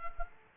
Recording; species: mosquito wingbeat signal from an infrared sensor; Culex quinquefasciatus